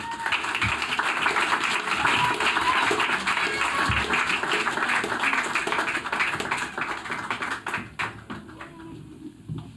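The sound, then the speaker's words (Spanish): An audience at a bolero night at the Centro Cultural de Mexico applauds a singer being introduced, a dense wash of many hands clapping at full volume for several seconds, then thinning out and fading toward the end. “Un aplauso para ella.”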